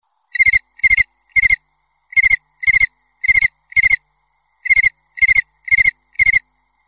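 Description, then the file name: Cricket chirping, bright pulsed chirps with ringing high overtones, delivered in quick bursts of three or four chirps separated by short silent gaps. "jangkrik"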